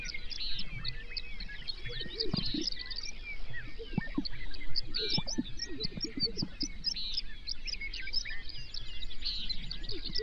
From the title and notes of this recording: Today we head to Grasslands National Park in Saskatchewan, just a few miles north of the Canada/US border.